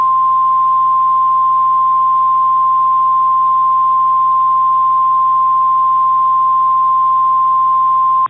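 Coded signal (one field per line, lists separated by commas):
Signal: Emergency Alert System (SAME) tones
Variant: 1050 Hz attention tone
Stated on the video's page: Fictional EAS scenario with genuine, valid EAS SAME tones capable of triggering real activations.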